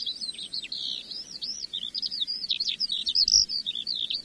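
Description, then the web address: Eurasian skylark song, a rushing sequence of high, slurred chirps and rolling warbles delivered without a break. "earth naturelibrary assets s sk skylark"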